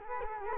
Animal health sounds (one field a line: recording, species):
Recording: mosquito wingbeat signal from an infrared sensor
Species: Culex quinquefasciatus